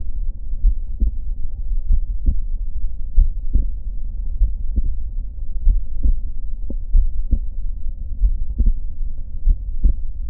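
Adult heart heard by stethoscope with the patient sitting: normal physiologic splitting of the second heart sound (S2).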